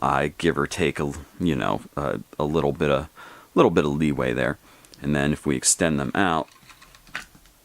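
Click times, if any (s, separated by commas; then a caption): 7.1 s. Someone talks while pulling the adjustable sliding length frame of a strap-on skate out along its rails to its longest setting. A short, sharp click at 7.2 seconds marks the frame locking into place at full extension.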